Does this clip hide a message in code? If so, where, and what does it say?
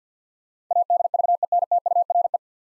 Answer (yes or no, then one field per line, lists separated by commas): yes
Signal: Morse code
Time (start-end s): 0.7-2.4 s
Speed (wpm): 50 wpm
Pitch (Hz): 700 Hz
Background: none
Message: ADVENTURE